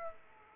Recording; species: mosquito wingbeat signal from an infrared sensor; Aedes aegypti